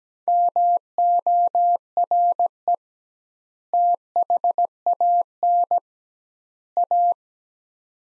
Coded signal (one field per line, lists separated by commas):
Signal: Morse code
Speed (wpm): 17 wpm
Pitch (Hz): 700 Hz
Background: none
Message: MORE THAN A